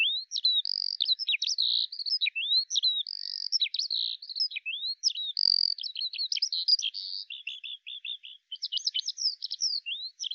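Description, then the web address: High, rushing bird song of slurred whistles, chirps and quick trills, including a short series of evenly spaced notes near the end. "Deverinetal 2025 File cleaned normalized Bird Al Ar"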